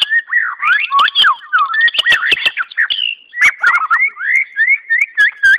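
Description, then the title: White-rumped shama song: looping whistled notes and slurs, some ticking clicks, ending with a series of rising whistles. Wild forest bird; its original, natural song. "Kicau Asli Murai Batu Hutan"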